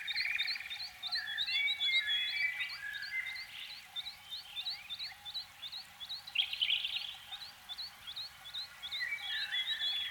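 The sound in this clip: Canary song with quick upswept chirps repeated about four times a second over a lower warble, plus scattered whistles and a steady low hum.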